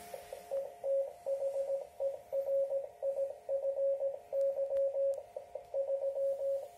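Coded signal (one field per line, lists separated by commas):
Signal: Morse code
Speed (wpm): 17 wpm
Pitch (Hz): 550 Hz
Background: radio noise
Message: ETHERIFY 3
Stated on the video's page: Morse transmitted with Etherify 3 from a single Raspberry Pi 4, received at 1.5 m.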